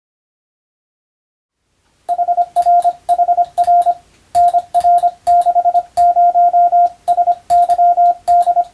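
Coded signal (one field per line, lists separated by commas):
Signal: Morse code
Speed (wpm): 25 wpm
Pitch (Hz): 700 Hz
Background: radio noise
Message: HRHR NR60SYD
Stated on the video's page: CW sent for training for the Japanese radio operator exam telegraphy subject, using European-language telegram practice texts; also suited to amateur receiving practice.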